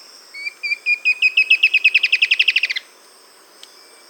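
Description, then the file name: A bird sings an accelerating trill, high piping notes running faster and fuller for over two seconds, then a sudden stop and a brief faint tick afterward. "SABIOD 50 bird 2015"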